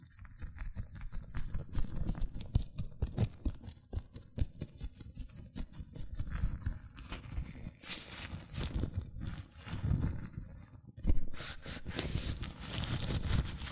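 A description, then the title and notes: Latex gloves rub, scrape and snap on hands in a dense, irregular patter of crinkly bursts, with louder bright swishes after eight seconds. ASMR Latex Gloves Hand Sounds (No Talking).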